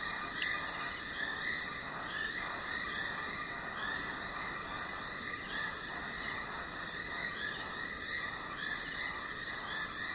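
A dry stretch of the Limpopo River at the start of the rainy season hums with dense, steady insect chirring, repeating high trills and low rumble.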